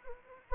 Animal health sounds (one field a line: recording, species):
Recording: mosquito wingbeat signal from an infrared sensor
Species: Anopheles arabiensis